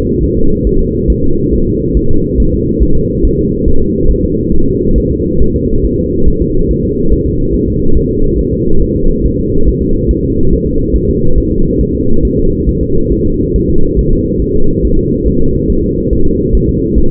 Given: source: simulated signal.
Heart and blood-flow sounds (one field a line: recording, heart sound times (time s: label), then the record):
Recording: fetal heart sounds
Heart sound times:
0.24 s: S1
0.38 s: S2
0.67 s: S1
0.81 s: S2
1.10 s: S1
1.24 s: S2
1.53 s: S1
1.67 s: S2
1.97 s: S1
2.11 s: S2
2.40 s: S1
2.54 s: S2
2.83 s: S1
2.97 s: S2
3.25 s: S1
3.39 s: S2
3.68 s: S1
3.82 s: S2
4.11 s: S1
4.24 s: S2
4.54 s: S1
4.68 s: S2
4.98 s: S1
5.12 s: S2
5.42 s: S1
5.56 s: S2
5.85 s: S1
5.99 s: S2
6.28 s: S1
6.42 s: S2
6.71 s: S1
6.85 s: S2
7.13 s: S1
7.26 s: S2
7.54 s: S1
7.68 s: S2
7.97 s: S1
8.11 s: S2
8.39 s: S1
8.53 s: S2
8.82 s: S1
8.96 s: S2
9.26 s: S1
9.39 s: S2
9.68 s: S1
9.82 s: S2
10.11 s: S1
10.25 s: S2
10.53 s: S1
10.67 s: S2
10.96 s: S1
11.09 s: S2
11.38 s: S1
11.52 s: S2
11.81 s: S1
11.95 s: S2
12.25 s: S1
12.39 s: S2
12.69 s: S1
12.83 s: S2
13.12 s: S1
13.26 s: S2
13.56 s: S1
13.70 s: S2
13.99 s: S1
14.13 s: S2
14.42 s: S1
14.56 s: S2
14.85 s: S1
14.99 s: S2
15.27 s: S1
15.41 s: S2
15.70 s: S1
15.84 s: S2
16.13 s: S1
16.27 s: S2
16.55 s: S1
16.69 s: S2
16.98 s: S1
From the record:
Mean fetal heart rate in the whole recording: 140 bpm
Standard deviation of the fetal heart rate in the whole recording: 2 bpm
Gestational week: 34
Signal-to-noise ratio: -19.1 dB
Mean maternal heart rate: 72 bpm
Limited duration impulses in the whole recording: present